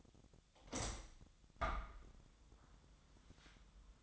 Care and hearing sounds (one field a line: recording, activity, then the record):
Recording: daily activity, microphone in the room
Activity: open window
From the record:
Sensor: 3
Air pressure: 1004.6 hPa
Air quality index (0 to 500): 105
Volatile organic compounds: 4 ppm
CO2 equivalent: 1652 ppm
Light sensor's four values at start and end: 7/16/6/6 and 7/17/6/6